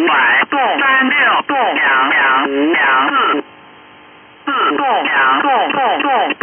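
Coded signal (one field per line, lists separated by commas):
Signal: numbers station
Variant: VC01 Chinese Robot, Mandarin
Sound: fast robotic voice reading short number syllables in quick succession, one brief pause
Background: radio static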